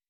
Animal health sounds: hydrophone in a shrimp aquaculture tank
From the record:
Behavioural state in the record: weakened

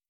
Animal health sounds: hydrophone in a shrimp aquaculture tank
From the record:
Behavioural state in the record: starved

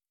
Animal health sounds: hydrophone in a shrimp aquaculture tank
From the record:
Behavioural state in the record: starved

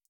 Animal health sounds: hydrophone in a shrimp aquaculture tank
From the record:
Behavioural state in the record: feeding

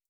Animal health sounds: hydrophone in a shrimp aquaculture tank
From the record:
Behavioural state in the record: starved

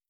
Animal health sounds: hydrophone in a shrimp aquaculture tank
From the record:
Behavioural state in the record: starved

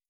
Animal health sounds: hydrophone in a shrimp aquaculture tank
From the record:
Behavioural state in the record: starved

